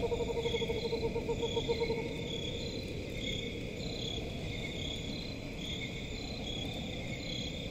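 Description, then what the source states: Crickets trilling steadily in high pulsing bands; a rapid, lower trilled call runs through the first two seconds, and a constant low rumble continues throughout. Crickets in a forest at night.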